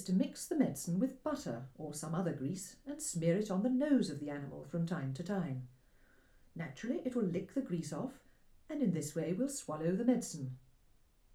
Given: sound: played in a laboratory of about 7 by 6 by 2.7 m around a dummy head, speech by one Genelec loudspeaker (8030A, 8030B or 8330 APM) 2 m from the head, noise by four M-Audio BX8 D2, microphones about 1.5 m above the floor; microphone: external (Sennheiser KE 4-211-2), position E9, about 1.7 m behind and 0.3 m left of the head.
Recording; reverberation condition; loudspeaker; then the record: female speech in English; low; 120 degrees to the left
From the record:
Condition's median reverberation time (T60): about 310 ms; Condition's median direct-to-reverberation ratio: about 3.5 dB